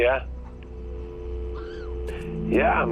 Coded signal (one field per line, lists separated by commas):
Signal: telephone call progress tone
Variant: North America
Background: speech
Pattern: dial tone